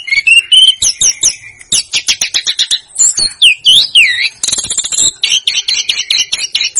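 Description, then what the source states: Snowy-browed flycatcher song, rapid stuttering high notes with looping whistles midway. Master song used for training cage birds.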